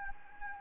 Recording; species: mosquito wingbeat signal from an infrared sensor; Anopheles gambiae